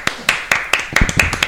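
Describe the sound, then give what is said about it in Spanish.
Steady rhythmic hand clapping, about seven sharp, evenly spaced claps in a row, with a faint voice murmuring underneath toward the end. “Un aplauso.”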